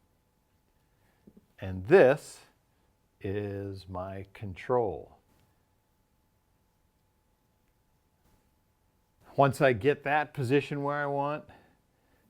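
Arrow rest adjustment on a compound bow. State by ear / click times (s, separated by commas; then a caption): not seated / none. Someone talks while moving the adjustment control of a CBE Defy drop-away arrow rest on a compound bow to the desired position, before locking it down. The stretch is quiet between bursts of talk, with no clicks, and nothing has been locked or clicked into place yet.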